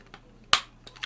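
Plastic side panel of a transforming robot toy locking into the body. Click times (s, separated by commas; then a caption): 0.5 s. The plastic side panels of a transforming robot toy are pulled up against a tight fit while it is changed into bird mode. They lock into the body with one loud, sharp plastic click at 0.5 s, with fainter ticks around it. The panels are seated.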